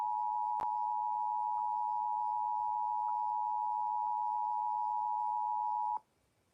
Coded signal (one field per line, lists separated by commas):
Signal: Emergency Alert System (SAME) tones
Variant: 853 and 960 Hz attention tone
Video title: EAS Severe T’storm Warning #44 3/14/25 (Credit Goes To @SouthernPennsylvaniaWX & @KanawhaCountyWX)